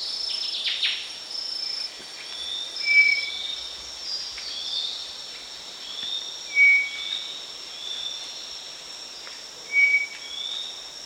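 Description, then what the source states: Maroon-breasted philentoma giving short, thin, level whistled notes about every three seconds, over a steady high insect drone with other faint buzzy sounds early on. Recorded at Danum on 1 March 2008.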